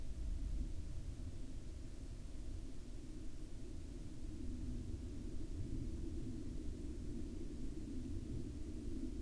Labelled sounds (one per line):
aircraft